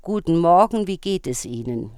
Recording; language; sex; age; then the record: spoken sentence; German; female; 60 to 69 years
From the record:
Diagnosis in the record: singing voice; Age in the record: 61 years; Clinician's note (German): Ausgebildet